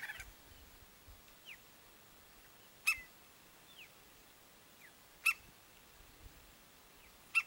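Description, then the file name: Woodpecker giving single sharp, harsh call notes spaced two to three seconds apart, with faint thin downslurred chirps from other birds in between. "canto do pica pau"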